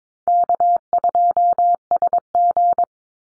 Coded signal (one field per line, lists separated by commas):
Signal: Morse code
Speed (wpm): 22 wpm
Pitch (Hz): 700 Hz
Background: none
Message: K2SG